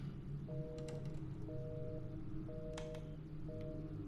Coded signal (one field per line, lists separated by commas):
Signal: telephone call progress tone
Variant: North America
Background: music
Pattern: busy tone